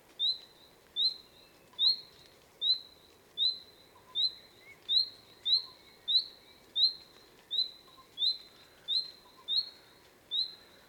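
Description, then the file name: Common nightingale repeating a thin, high whistled note many times over a quiet background. "Luscinia megarhynchos"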